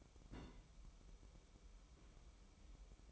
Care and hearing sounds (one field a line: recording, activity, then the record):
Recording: daily activity, microphone in the room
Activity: place on stove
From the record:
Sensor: 1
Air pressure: 1008.1 hPa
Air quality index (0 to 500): 136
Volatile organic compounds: 2 ppm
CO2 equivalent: 1146 ppm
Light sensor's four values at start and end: 8/18/7/8 and 8/18/7/8